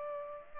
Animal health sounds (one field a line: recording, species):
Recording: mosquito wingbeat signal from an infrared sensor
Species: Culex pipiens